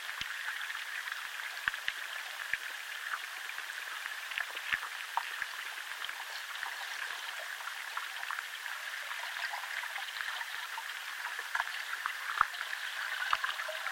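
Underwater life in a chalk river: a dense, steady crackle of tiny clicks and pops fills the whole clip, sitting in the middle and upper range. Sharper, louder ticks stand out every second or so, with nothing low underneath.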